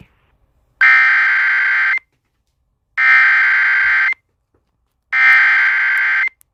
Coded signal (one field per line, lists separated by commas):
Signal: Emergency Alert System (SAME) tones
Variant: header bursts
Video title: Eas rare special marine warning in Hawaii Eas#398